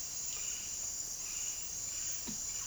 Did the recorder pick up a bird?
no